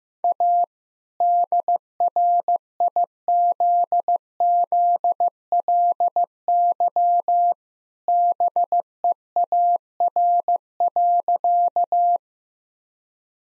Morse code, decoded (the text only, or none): A DRIZZLY BEAR.